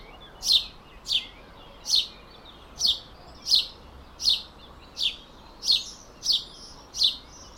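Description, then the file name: House sparrow calling with a run of emphatic chirps, roughly one every seven-tenths of a second, against quiet background noise. "Passer domesticus"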